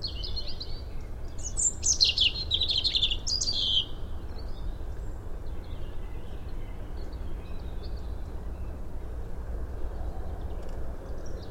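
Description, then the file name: European robin song, a dense run of high tinkling, trilled notes in the first four seconds, then only soft low background noise. "Erithacus rubecula"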